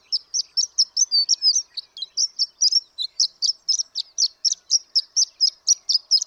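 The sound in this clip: Horned lark song, a steady string of high, sharp tinkling notes repeated several times a second with a brief stutter midway.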